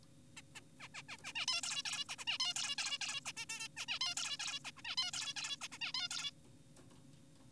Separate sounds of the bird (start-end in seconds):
0.37-0.42, 0.56-0.60, 0.80-0.88, 0.94-1.02, 1.09-1.17, 1.24-1.33, 1.36-1.46, 1.48-1.61, 1.64-1.83, 1.85-2.05, 2.09-2.16, 2.19-2.25, 2.28-2.38, 2.40-2.54, 2.56-2.76, 2.78-2.98, 3.01-3.20, 3.26-3.32, 3.37-3.46, 3.50-3.68, 3.77-3.86, 3.88-3.99, 4.01-4.15, 4.17-4.37, 4.40-4.60, 4.65-4.71, 4.77-4.82, 4.85-4.96, 4.98-5.11, 5.14-5.34, 5.36-5.57, 5.61-5.68, 5.72-5.78, 5.82-5.92, 5.94-6.08, 6.11-6.31